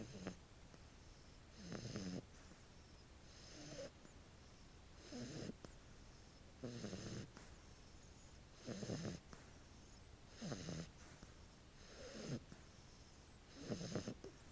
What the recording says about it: The sound of puppies sleeping snoring. My dogs make the funniest little noises when they sleep.